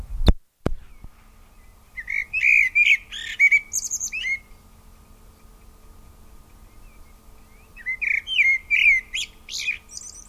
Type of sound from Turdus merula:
song